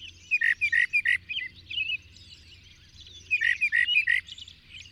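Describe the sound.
Bird song, two short phrases of four or five bright sliding whistled notes separated by a pause, with soft twittering and low hum behind.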